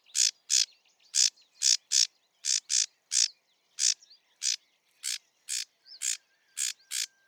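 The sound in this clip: Sedge warbler giving loud grating notes at roughly two per second, with faint thin whistles and soft twittering mixed in between.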